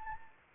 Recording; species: mosquito wingbeat signal from an infrared sensor; Anopheles arabiensis